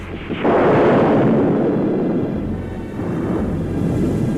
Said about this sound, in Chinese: 打雷了，下雨了，天哭了。